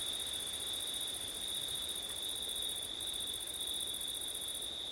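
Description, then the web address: Crickets chirring steadily, a high trill plus a shriller buzz that pauses twice briefly, with low wind sound throughout. Crickets on a windy September night; ORTF stereo. "audio crickets wind september night ortif"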